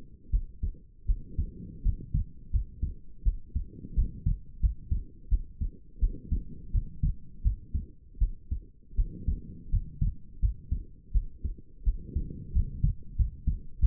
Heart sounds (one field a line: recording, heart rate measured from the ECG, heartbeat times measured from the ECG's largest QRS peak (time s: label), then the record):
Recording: heart sounds by stethoscope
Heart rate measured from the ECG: 84 bpm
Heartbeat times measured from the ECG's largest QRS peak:
0.30 s: heartbeat
1.06 s: heartbeat
1.82 s: heartbeat
2.50 s: heartbeat
3.23 s: heartbeat
3.94 s: heartbeat
4.60 s: heartbeat
5.28 s: heartbeat
5.99 s: heartbeat
6.71 s: heartbeat
7.42 s: heartbeat
8.18 s: heartbeat
8.95 s: heartbeat
9.69 s: heartbeat
10.39 s: heartbeat
11.12 s: heartbeat
11.83 s: heartbeat
12.52 s: heartbeat
13.16 s: heartbeat
13.79 s: heartbeat
From the record:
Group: healthy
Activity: rest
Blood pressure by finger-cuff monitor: 83/56 mmHg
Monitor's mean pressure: 65 mmHg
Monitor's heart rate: 84 bpm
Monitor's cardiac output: 6.6 L/min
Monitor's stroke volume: 80 mL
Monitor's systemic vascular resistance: 700 dyn s/cm5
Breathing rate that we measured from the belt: 22 breaths a minute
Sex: female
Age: 19 years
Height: 163 cm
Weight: 48.9 kg